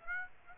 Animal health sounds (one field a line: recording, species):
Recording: mosquito wingbeat signal from an infrared sensor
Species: Aedes aegypti